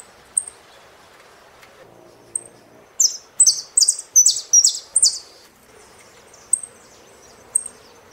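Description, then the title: Saffron finch: a couple of thin high chips, then a bright run of loud notes, then more sparse high chips. "Jilguero Argentino"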